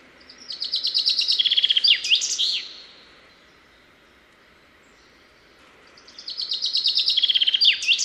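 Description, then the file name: Common chaffinch, two song phrases about three seconds apart, each a rattling trill stepping down in pitch before a sharp, twisting final flourish. "Fringilla coelebs"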